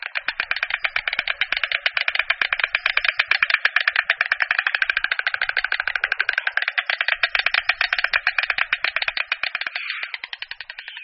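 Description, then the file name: White stork bill clattering, a fast dry wooden rattle held steadily for about ten seconds, then faltering and fading at the end. "Čáp-bílý"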